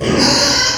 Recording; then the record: squeal of a Yucatan mini pig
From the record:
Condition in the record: before surgery on the right vocal fold (resection and tissue-engineered implant); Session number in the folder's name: 2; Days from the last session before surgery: 0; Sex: male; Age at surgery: 12 weeks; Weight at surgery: 13 kg